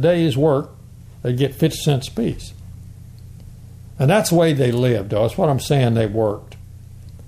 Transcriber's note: none